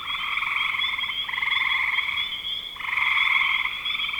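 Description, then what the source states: Frogs trilling in chorus, rapid pulses layered together, with brief breaks between bursts. Frogs recorded in spring 2025.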